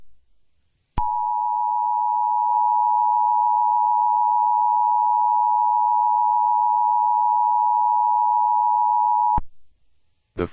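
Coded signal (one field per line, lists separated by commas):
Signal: Emergency Alert System (SAME) tones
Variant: 853 and 960 Hz attention tone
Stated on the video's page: Fictional EAS scenario, not a real alert.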